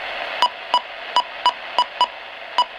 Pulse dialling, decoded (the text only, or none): none